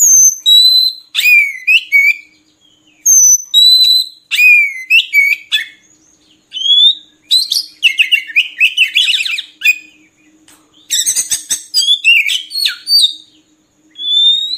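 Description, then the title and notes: Oriental magpie-robin song of clear whistles and downslurred notes, building into dense rapid chattering and buzzy runs. Long-duration filler (isian) song recording for training magpie-robins to sing actively (gacor) day and night. "Kacer Jadi Gacor Siang Malam. Isian Kacer Durasi Panjang"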